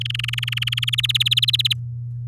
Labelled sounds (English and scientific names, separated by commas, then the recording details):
Domestic Canary (Serinus canaria) song
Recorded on 7 May 2018 at 07:50
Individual llb16